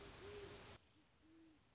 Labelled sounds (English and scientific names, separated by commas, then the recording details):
Great Horned Owl (Bubo virginianus)
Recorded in Sonoma County, California